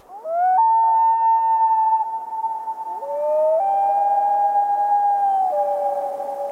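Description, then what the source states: Common loon giving a long, pure wailing call, sliding up then holding steady notes that step between pitches, mournful and wolf-like, over about six seconds. Wail call of the common loon, a call resembling the howl of a wolf.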